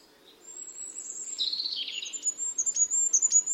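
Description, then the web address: Bird giving high, thin chirps and a brief buzzy burst, the calls growing louder toward the end, with a soft low hum underneath. "cianscape. Deverinetal 2025. Bird Only"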